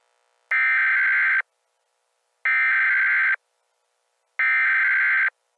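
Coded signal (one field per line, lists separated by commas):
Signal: Emergency Alert System (SAME) tones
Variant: header bursts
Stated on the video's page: Fictional EAS scenario made with Sitepal Editor, Audacity, PowerPoint and WMM.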